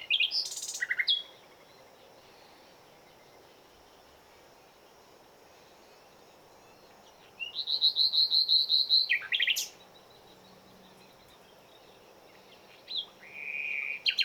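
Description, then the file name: Common nightingale singing separate phrases: opening sharp chirps, a fast run of about a dozen repeated ringing notes near the middle, then a short whistled phrase after a pause. "Luscinia megarhynchos"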